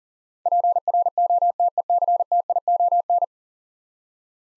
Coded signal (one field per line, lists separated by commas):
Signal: Morse code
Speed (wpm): 40 wpm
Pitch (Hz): 700 Hz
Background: none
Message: PROTECTION